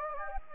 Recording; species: mosquito wingbeat signal from an infrared sensor; Anopheles gambiae